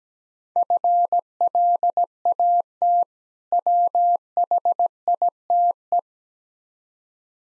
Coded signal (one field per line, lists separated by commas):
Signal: Morse code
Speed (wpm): 17 wpm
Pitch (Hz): 700 Hz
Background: none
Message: FLAT WHITE